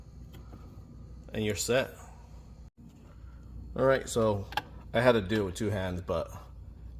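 A replacement LED light assembly is handled below the interior ceiling liner of a Whirlpool refrigerator, about to be pushed up with two hands so its plastic retaining clips snap in. Someone talks throughout, and no snap is heard. Nothing has seated or clicked yet.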